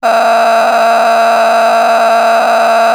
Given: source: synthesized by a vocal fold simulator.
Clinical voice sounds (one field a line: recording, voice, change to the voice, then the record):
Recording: sustained vowel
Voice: female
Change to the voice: a random mix of aspiration noise, stiffness perturbation and strain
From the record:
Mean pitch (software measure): 237 Hz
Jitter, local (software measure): 3.89%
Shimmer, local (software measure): 10.2%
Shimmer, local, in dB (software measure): 1.07 dB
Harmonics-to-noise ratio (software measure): 8.3 dB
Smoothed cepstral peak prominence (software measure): 9.5 dB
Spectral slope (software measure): -16.8 dB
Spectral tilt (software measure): -9.2 dB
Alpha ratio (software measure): -7.4 dB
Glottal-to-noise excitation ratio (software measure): 0.903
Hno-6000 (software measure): 1.7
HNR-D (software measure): 30.6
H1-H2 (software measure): 0.3 dB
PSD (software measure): 4.6e-04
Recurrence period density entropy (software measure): 0.127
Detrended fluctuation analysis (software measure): 0.0107